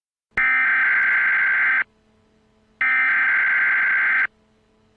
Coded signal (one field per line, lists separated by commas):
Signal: Emergency Alert System (SAME) tones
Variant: header bursts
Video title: EAS| Barney Error Mock